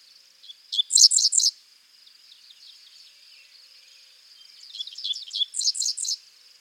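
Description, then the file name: Dickcissel song: two phrases of rapid, dry, stacked high notes about four seconds apart, with a continuous thin high drone behind them. "Spiza americana - Dickcissel"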